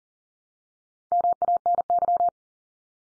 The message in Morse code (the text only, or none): MANY